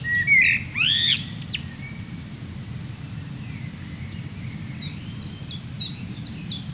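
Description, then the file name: Common blackbird produces a short, loud fluted phrase with a squeaky twist, then a run of repeated high notes over a low rumble. "Turdus merula"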